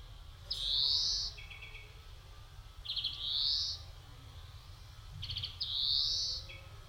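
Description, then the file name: European greenfinch giving three nasal rising wheezes, each introduced by quick ticking notes, the first and last followed by a short low trill, over steady low rumble. "Chloris chloris"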